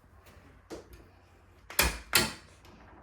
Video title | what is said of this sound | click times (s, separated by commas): Embroider an heirloom pillow sham with the Brother PR1X using Mighty Hoops | There we go, and that's in place. | 1.8 s, 2.2 s